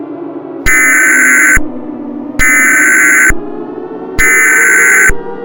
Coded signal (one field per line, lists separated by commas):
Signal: Emergency Alert System (SAME) tones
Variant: header bursts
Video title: ECLIPSE (EAS SCENARIO)